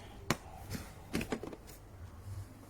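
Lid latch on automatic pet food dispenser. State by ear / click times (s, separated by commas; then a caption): released / 0.3 s. A hand presses the rear release button on the plastic lid of a Faroro 4L automatic cat food dispenser, awkwardly with one hand, and the lid latch pops open with a single sharp click at 0.3 s. Softer knocks follow around 1.2 s and 1.3 s, and the lid is released.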